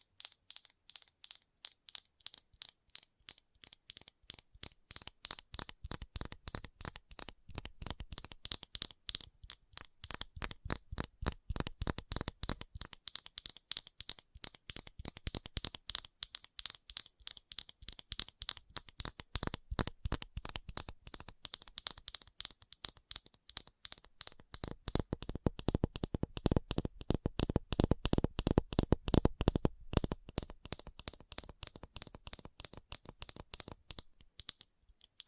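Fast tapping runs throughout in rapid, fairly regular clicks, sharp and bright, growing louder and denser around the middle and again near thirty seconds.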